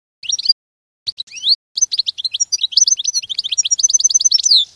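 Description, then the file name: Canary singing a few short chirps, then a long continuous run of fast trills and rolling notes ending in a steady rattling series. "Canary Voice"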